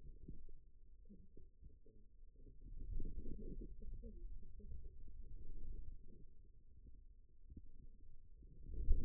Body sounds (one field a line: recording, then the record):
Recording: forearm muscle sounds (acoustic myography)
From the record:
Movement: wrist extension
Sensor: system 2, bracelet of six BSWA MPA416 microphones around the upper forearm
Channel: 6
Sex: male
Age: 22 years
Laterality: right